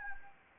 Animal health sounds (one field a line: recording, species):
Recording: mosquito wingbeat signal from an infrared sensor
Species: Anopheles gambiae